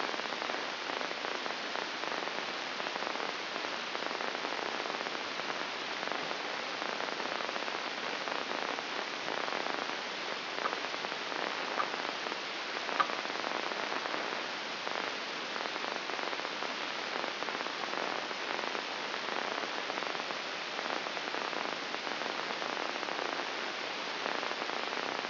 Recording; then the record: brain microelectrode recording played as sound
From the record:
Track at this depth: outside the subthalamic nucleus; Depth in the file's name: 7.86 mm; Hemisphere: left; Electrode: 2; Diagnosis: Parkinson's disease